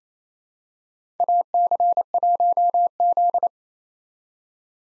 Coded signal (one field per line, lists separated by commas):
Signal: Morse code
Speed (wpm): 27 wpm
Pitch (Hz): 700 Hz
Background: none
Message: AC1Z